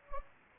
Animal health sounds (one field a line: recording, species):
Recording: mosquito wingbeat signal from an infrared sensor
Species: Anopheles gambiae